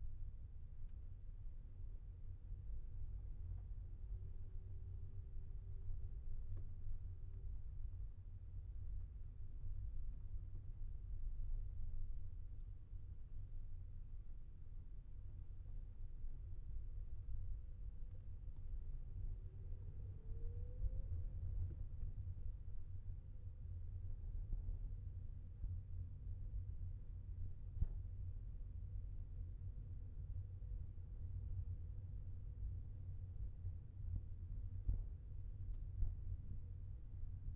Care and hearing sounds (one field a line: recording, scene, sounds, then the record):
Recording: everyday scene through a hearing-aid microphone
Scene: in a vehicle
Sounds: engine, rumble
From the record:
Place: Skoda Fabia, gasoline engine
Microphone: behind the ear, left, rear